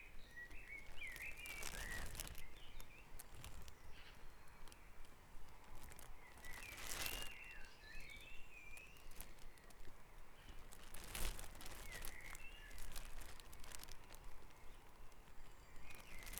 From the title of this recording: Dawn Chorus // Back Dragon Avenue, Harrogate